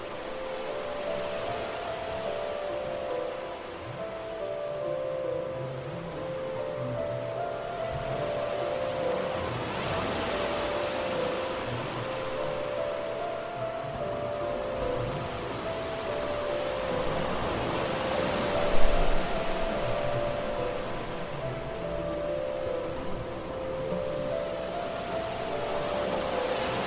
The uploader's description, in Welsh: Cyfansoddiad ar gyfer y piano, gyda recordiad o'r môr yn Aberystwyth